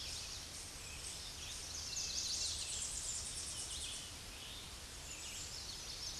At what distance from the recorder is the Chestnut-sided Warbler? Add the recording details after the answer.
about 35 m. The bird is about 5 m below the microphone. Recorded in a Pennsylvania forest on 16 May 2024 at 08:22. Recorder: AudioMoth, point MSD-2349. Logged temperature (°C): 15.8 °C. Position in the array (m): 36 m, 31 m